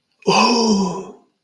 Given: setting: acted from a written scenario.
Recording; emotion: vocal sound without words; adoration